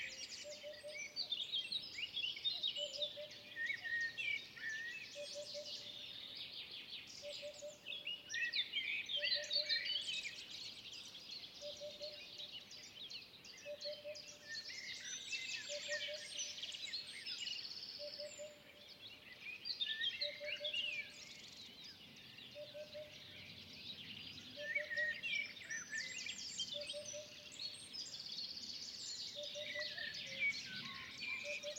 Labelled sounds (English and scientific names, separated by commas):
Eurasian Hoopoe (Upupa epops) song